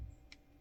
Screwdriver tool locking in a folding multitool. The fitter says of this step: as you push in, it locks, and then it doesn't fold once it locks and pushes in.